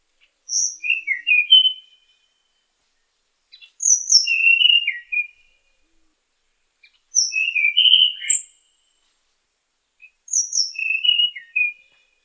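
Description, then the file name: Tanahjampea Blue Flycatcher song: four similar short phrases of high whistled, slurred notes, each about one and a half seconds, repeated every three seconds or so over silence. "sikatan tanahjampea"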